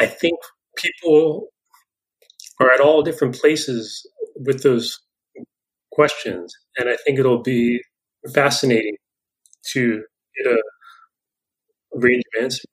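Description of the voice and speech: Adult man who stutters, speaking in conversation. His speech has frequent pauses and blocks between words, with some prolonged sounds.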